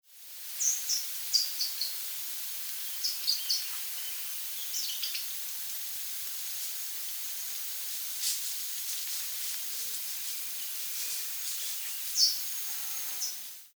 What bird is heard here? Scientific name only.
Tetrastes bonasia